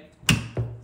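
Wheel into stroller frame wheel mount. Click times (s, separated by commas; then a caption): 0.3 s. A second wheel is pushed onto its mount on a Delta Children Jeep stroller frame. It gives a sharp, bright click at 0.3 s, followed by a softer knock at about 0.6 s. The wheel seats and locks in place.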